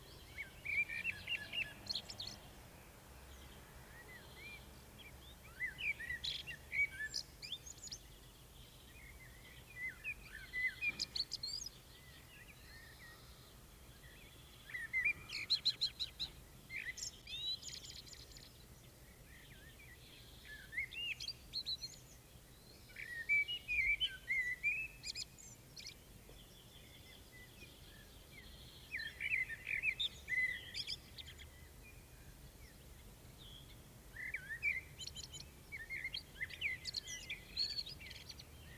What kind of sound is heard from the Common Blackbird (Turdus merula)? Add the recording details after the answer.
song. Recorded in the wild. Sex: male. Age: adult. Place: Bielefeld-Mitte, Nordrhein-Westfalen, DE. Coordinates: 52.0075, 8.54806. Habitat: residential district. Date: 1969-05-31. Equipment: Uher 4000 Report-S, Bändchenmikro Beyer M 260, Parabolspiegel Polyester (470 mm). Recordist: Conrads, Klaus